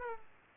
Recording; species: mosquito wingbeat signal from an infrared sensor; Aedes aegypti